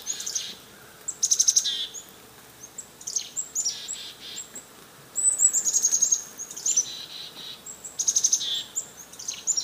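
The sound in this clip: Chickadees mobbing: repeated bursts of high, ticking chips and buzzy notes.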